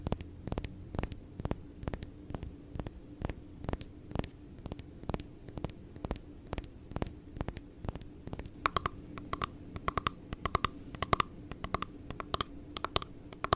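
ASMR tapping: crisp, evenly spaced taps about three per second, steady throughout, with a faint low hum beneath and brighter clicks after eight seconds.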